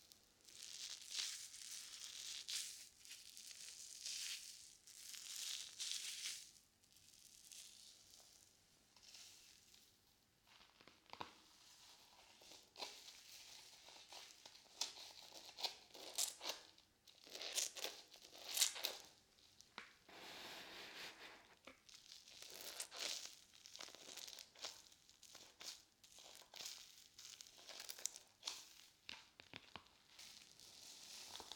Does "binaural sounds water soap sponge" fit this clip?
yes